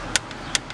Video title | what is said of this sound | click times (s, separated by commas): How to change Valve Cover on Toyota 1998 Corolla | the click. That is good. | 0.2 s